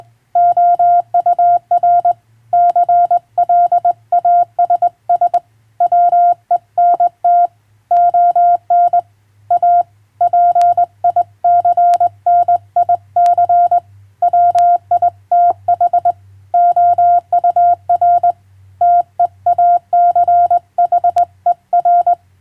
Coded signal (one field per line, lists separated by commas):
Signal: Morse code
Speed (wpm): 20 wpm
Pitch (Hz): 700 Hz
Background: none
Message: OUR CLASS WENT ON A PICNIC WITH OUR TEACHER